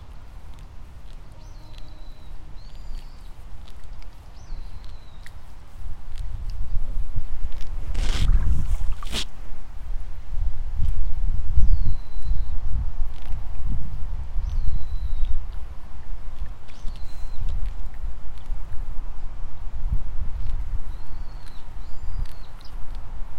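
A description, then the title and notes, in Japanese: Rice seedlings being pulled in the evening: low, irregular thumps and rustling run throughout, growing busier after about six seconds, with a sharp loud burst near eight to nine seconds. Short, bright bird chirps recur every few seconds above. イネ苗取り ブユのいない気持ち良い夕方。いよいよ今年の手植え田んぼも大詰め。夕方、イネの苗取り。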